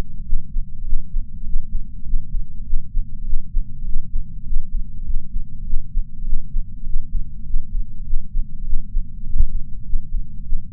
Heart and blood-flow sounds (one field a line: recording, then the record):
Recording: heart sounds by patch sensor on the chest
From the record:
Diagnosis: coronary artery disease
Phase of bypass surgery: intraoperative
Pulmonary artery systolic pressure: 20 mmHg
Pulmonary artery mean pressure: 11 mmHg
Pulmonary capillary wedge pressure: 4 mmHg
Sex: male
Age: 69 years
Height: 174 cm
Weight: 79 kg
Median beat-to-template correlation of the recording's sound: 0.72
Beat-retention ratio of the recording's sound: 0.98